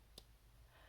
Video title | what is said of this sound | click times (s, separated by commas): New Fountain Pen: Moonman M800 | Just a slight little click, and | 0.2 s